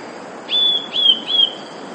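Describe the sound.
Eurasian blue tit song, one short phrase of three high whistled notes, evenly spaced and gently falling.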